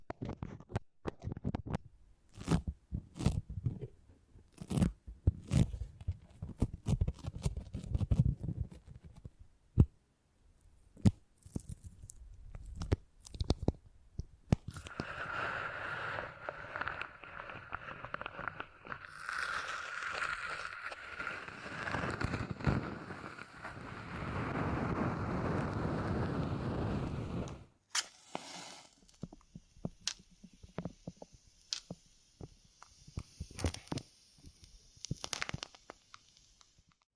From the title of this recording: Brain Tingly Sounds Using Beeswax